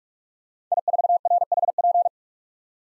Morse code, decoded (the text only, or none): I4RHP